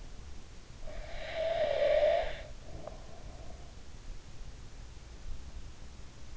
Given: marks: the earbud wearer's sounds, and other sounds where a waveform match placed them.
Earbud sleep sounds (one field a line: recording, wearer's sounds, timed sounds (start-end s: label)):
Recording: sounds in sleep by an in-ear microphone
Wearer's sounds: breath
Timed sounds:
0.85-3.89 s: breath